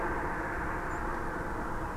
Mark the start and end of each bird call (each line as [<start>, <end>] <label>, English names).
[0.90, 0.99] European Robin